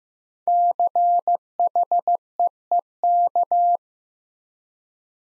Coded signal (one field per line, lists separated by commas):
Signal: Morse code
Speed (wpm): 15 wpm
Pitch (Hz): 700 Hz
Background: none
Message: CHEEK